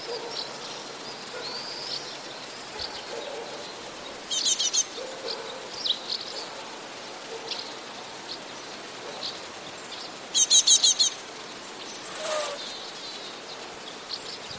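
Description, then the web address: Eurasian blue tit song: two short bursts of rapid, high, buzzy notes, a fainter one early and a louder five-note one later, among scattered thin chirps and constant hiss. "wroblowe teka spiew"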